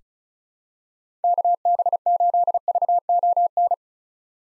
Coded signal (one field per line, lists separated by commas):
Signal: Morse code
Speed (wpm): 34 wpm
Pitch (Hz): 700 Hz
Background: none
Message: KB8VON